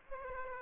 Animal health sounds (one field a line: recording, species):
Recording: mosquito wingbeat signal from an infrared sensor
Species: Aedes aegypti